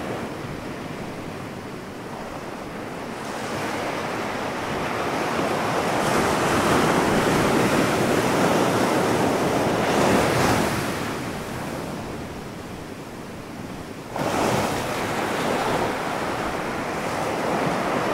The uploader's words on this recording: DeepSleepingwithOceanSounds-GentleWavesatNight.